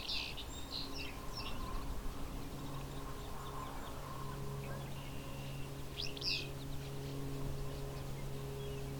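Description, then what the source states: Willow flycatcher song: a burst of sneezy, buzzy notes at the start and another about six seconds in, over a low steady hum. Whip-pew song, also rendered fitz-pew, the only practical way to tell it from the near-identical alder flycatcher; meadow sanctuary just east of Hamilton, Ontario, Canada, 31 May 2020.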